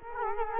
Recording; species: mosquito wingbeat signal from an infrared sensor; Culex quinquefasciatus